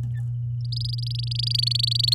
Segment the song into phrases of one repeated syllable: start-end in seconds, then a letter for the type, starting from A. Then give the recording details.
0.60-2.14 A. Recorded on 11 May 2018 at 07:59. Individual llb16